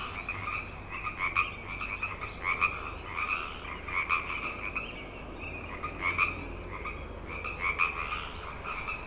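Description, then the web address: Frogs calling in chorus, overlapping rhythmic trills swelling and fading in irregular pulses. Frog chorus on Grafton Lake, recorded 3 May 2009. "The Frog Chorus Tunes Up On Grafton Lake frogs 090503"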